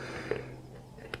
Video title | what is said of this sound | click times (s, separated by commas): Emerson MICH 2000 and GoPro Review - Templar Airsoft | when you put this in and it locks in place you can see there there's no gap between | 1.1 s